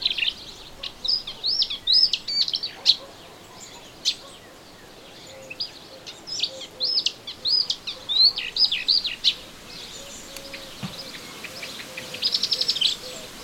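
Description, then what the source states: Melodious warbler song: a fast, chattering run of varied high twittering notes in bursts, pausing briefly. Recorded in a garden on 25 June 2017.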